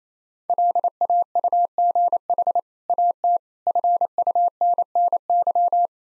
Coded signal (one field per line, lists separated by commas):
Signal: Morse code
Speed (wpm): 27 wpm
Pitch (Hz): 700 Hz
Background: none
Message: LAUGH AT FUNNY